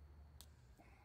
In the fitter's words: yeah once that snaps into place it's not coming back out of there so